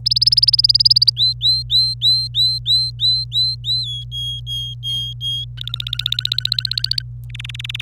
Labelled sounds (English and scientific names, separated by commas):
Domestic Canary (Serinus canaria) song